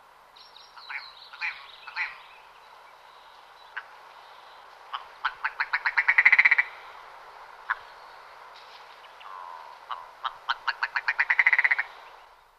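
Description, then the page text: Willow ptarmigan giving scattered hoarse notes, then two rattling series that accelerate into a rapid, stuttering crescendo and fade. "Голоса живой природы - Куропатка белая"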